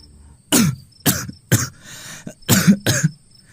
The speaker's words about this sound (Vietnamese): vừa ho vừa lên tiếng.